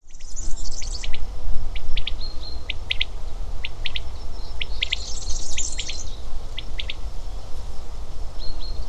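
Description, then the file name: Common quail giving short, sharp pulsed calls repeated in series, with higher twittering from another bird and a constant low rumble. Nominate subspecies coturnix. "paspallas coturnix coturnix"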